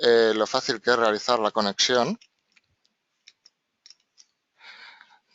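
A push-pull connector housing and its mating base are held and lined up before being pressed together. Someone talks for about two seconds, then light handling ticks follow around 3.3–4.2 s and a soft rustle near 4.6–5.2 s. Nothing has seated or clicked yet.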